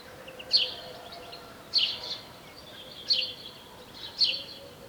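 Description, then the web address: House sparrow giving four loud, abrupt chirps spaced just over a second apart, with a soft low hum and faint bird twitters behind. "SETE Passer domesticus"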